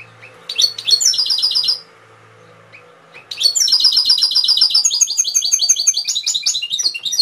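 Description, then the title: Canary gives a short trilled phrase over a faint low hum, then, after a pause, launches into a long, fast, rolling high-pitched trill sequence. Canary training (masteran) song with full isian content. "mster Mnuk. Masteran Kenari Full Isian"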